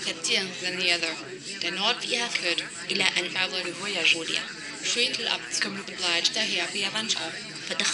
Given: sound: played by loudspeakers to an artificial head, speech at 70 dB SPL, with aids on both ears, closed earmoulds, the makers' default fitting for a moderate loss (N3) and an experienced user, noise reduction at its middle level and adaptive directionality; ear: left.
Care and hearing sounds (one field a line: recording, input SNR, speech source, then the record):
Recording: speech test signal (ISTS) in cocktail-party noise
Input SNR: 0 dB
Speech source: in front (0 degrees)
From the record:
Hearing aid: class 1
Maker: B